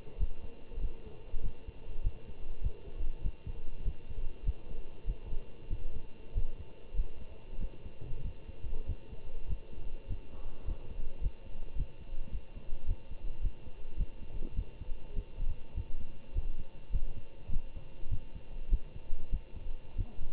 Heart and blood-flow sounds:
heart sounds by stethoscope; between the tricuspid and mitral areas; 100 bpm
0.17 s: heartbeat
0.79 s: heartbeat
1.41 s: heartbeat
2.01 s: heartbeat
2.60 s: heartbeat
3.22 s: heartbeat
3.83 s: heartbeat
4.43 s: heartbeat
5.05 s: heartbeat
5.68 s: heartbeat
6.33 s: heartbeat
6.94 s: heartbeat
7.58 s: heartbeat
8.22 s: heartbeat
8.86 s: heartbeat
9.47 s: heartbeat
10.07 s: heartbeat
10.65 s: heartbeat
11.20 s: heartbeat
11.75 s: heartbeat
12.30 s: heartbeat
12.86 s: heartbeat
13.41 s: heartbeat
13.96 s: heartbeat
14.54 s: heartbeat
15.14 s: heartbeat
15.74 s: heartbeat
16.33 s: heartbeat
16.90 s: heartbeat
17.49 s: heartbeat
18.09 s: heartbeat
18.69 s: heartbeat
19.30 s: heartbeat
19.96 s: heartbeat
From the record:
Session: Bruce protocol treadmill stress test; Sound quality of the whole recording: good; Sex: male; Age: 25 years

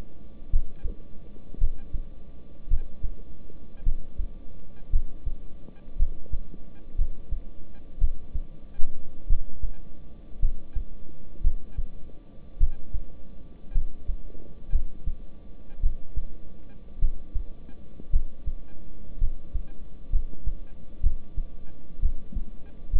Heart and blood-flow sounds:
heart sounds by stethoscope; between the tricuspid and mitral areas; 56 bpm
0.50 s: heartbeat
1.59 s: heartbeat
2.68 s: heartbeat
3.83 s: heartbeat
4.90 s: heartbeat
5.97 s: heartbeat
6.96 s: heartbeat
7.99 s: heartbeat
9.27 s: heartbeat
10.40 s: heartbeat
11.42 s: heartbeat
12.58 s: heartbeat
13.72 s: heartbeat
14.70 s: heartbeat
15.81 s: heartbeat
16.99 s: heartbeat
18.10 s: heartbeat
19.19 s: heartbeat
20.10 s: heartbeat
21.01 s: heartbeat
22.00 s: heartbeat
22.91 s: heartbeat
From the record:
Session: rest, lying down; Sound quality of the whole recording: good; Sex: male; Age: 26 years

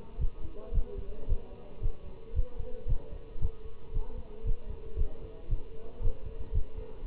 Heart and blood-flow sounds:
heart sounds by stethoscope; between the tricuspid and mitral areas; 114 bpm
0.21 s: heartbeat
0.74 s: heartbeat
1.29 s: heartbeat
1.83 s: heartbeat
2.36 s: heartbeat
2.89 s: heartbeat
3.42 s: heartbeat
3.94 s: heartbeat
4.46 s: heartbeat
4.98 s: heartbeat
5.50 s: heartbeat
6.03 s: heartbeat
6.54 s: heartbeat
7.06 s: heartbeat
From the record:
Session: Bruce protocol treadmill stress test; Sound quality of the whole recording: good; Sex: male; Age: 25 years

